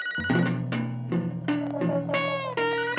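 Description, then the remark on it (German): A telephone rings with a bright electronic melody, a string of sustained, evenly spaced tones that shift in pitch over about three seconds, steady and moderately loud with no voices. “Weniger telefonieren auch. Hallo? Spreche ich mit Frau Schmitzke?”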